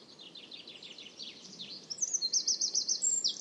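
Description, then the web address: Bird calls: a run of fainter descending high chirps, then a louder, sharp, high-pitched trill of evenly repeated notes. "cianscape birddata Deverinetal 2025"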